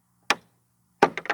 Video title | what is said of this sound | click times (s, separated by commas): How to Replace Light Switch on John Deere 3025E Tractor. Fuse Box Location & Replacing Light Switch. | So then it just pops right out of there. | 0.3 s, 1.0 s